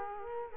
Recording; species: mosquito wingbeat signal from an infrared sensor; Culex quinquefasciatus